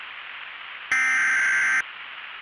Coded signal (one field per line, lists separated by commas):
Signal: Emergency Alert System (SAME) tones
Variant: header bursts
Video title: Black Hole - An EAS Scenario (Remastered)